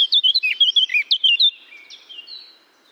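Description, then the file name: Eurasian blackcap song: a rapid run of loud, clear fluted whistles lasting about one and a half seconds, then fading softer twittering. "Sylvia atricapilla"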